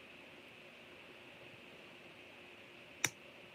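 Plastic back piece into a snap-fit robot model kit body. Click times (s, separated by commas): 3.0 s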